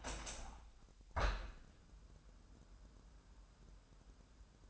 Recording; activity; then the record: daily activity, microphone in the room; open window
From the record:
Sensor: 2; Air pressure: 1000.1 hPa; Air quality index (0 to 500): 240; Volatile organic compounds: 78 ppm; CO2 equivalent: 3592 ppm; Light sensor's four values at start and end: 8/20/8/8 and 9/21/8/8